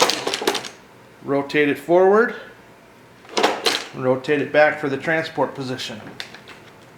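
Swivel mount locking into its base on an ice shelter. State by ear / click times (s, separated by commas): not seated / none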